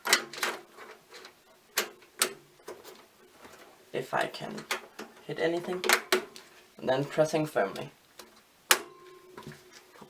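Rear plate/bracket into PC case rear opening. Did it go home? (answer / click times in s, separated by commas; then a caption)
yes / 8.7 s. Someone talks while lining up a rear plate or bracket with the square hole at the back of a PC case, during a build with a 6700K, a 970 and 16 GB. Scattered sharp handling knocks follow as the part is pressed firmly. A single sharp, loud click at 8.7 s marks it seating into place.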